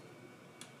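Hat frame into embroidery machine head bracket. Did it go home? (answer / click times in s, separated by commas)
no / none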